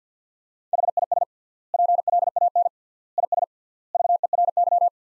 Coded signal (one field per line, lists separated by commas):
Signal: Morse code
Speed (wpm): 45 wpm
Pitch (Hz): 700 Hz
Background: none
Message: HIS PLAN IS VERY